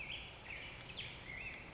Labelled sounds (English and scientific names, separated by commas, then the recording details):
Black-headed Grosbeak (Pheucticus melanocephalus)
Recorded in Sonoma County, California